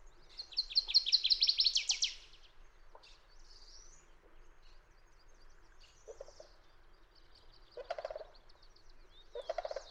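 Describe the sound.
Fox sparrow song: a bright burst of rapid, slurred whistled notes building to a rich buzzy flourish for about two seconds, followed by faint scattered chips and a few low, short notes.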